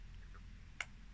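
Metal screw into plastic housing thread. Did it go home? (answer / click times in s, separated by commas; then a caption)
yes / 0.8 s. While reassembling plastic parts, a metal screw is turned backwards in a plastic housing until it drops into the existing thread, so it finds that thread instead of cutting a new one and wearing away the plastic. Over a low steady hum, a single short, sharp click is heard at 0.8 s as the screw seats in the thread, after which it is ready to be driven forward.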